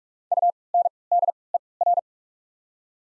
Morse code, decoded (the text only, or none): U N D E R